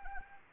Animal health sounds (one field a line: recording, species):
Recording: mosquito wingbeat signal from an infrared sensor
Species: Anopheles arabiensis